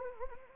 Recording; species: mosquito wingbeat signal from an infrared sensor; Anopheles arabiensis